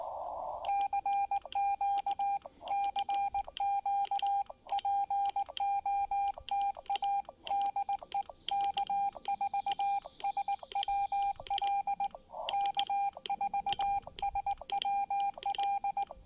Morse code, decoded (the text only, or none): CQ CQ POTA DE K4SWL K4SWL